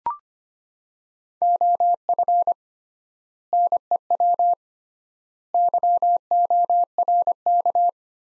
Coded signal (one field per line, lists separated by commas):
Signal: Morse code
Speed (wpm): 25 wpm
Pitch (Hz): 700 Hz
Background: none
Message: OF NEW YORK